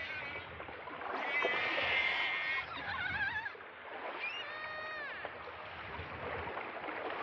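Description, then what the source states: Killer whale calls: strident harmonic squeals and wobbling pulsed sounds, then a bending harmonic call near four and a half seconds. Recorded during a killer whale attack on a gray whale, April 2014.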